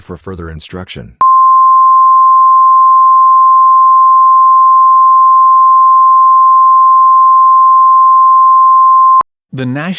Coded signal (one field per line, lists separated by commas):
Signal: Emergency Alert System (SAME) tones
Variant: 1050 Hz attention tone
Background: speech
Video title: EAS Scenarios be like